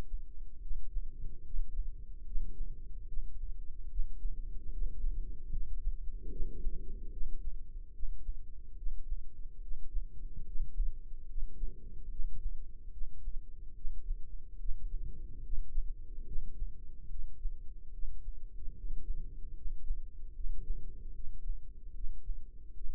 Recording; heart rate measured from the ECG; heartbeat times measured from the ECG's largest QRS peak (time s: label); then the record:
heart sounds by microphone in the left ear; 73 bpm
0.60 s: heartbeat
1.43 s: heartbeat
2.24 s: heartbeat
3.06 s: heartbeat
3.88 s: heartbeat
4.70 s: heartbeat
5.50 s: heartbeat
6.29 s: heartbeat
7.10 s: heartbeat
7.91 s: heartbeat
8.75 s: heartbeat
9.60 s: heartbeat
10.44 s: heartbeat
11.26 s: heartbeat
12.08 s: heartbeat
12.90 s: heartbeat
13.73 s: heartbeat
14.57 s: heartbeat
15.41 s: heartbeat
16.25 s: heartbeat
17.08 s: heartbeat
17.91 s: heartbeat
18.73 s: heartbeat
19.54 s: heartbeat
20.33 s: heartbeat
21.12 s: heartbeat
21.92 s: heartbeat
22.72 s: heartbeat
From the record:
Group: healthy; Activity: rest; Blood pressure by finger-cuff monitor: 107/69 mmHg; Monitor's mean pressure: 82 mmHg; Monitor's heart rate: 73 bpm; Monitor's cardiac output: 5.2 L/min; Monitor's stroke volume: 72 mL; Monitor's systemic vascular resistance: 1120 dyn s/cm5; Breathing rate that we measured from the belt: 13 breaths a minute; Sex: female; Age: 43 years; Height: 160 cm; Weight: 90 kg